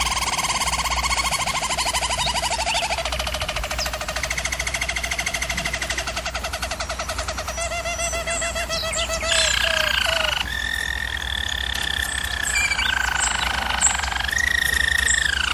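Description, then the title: German Roller canary song: an unbroken sequence of rolling trills and bubbling tours changing pitch every few seconds, over a low background hum. German Roller canary singing, for canary training. "German Roller Canary Singing - Canary Training Vid"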